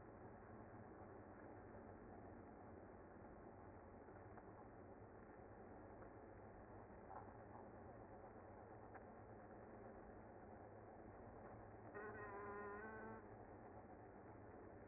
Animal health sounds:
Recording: honeybee colony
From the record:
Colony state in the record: active

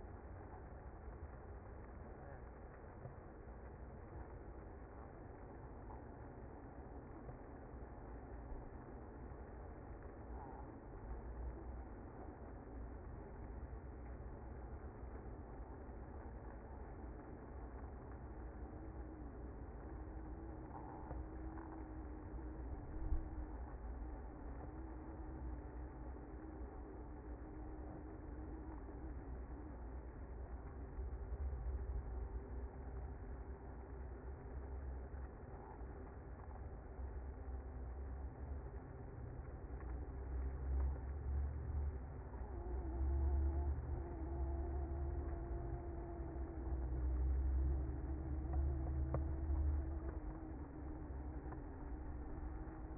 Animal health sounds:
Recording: honeybee colony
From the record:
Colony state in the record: active

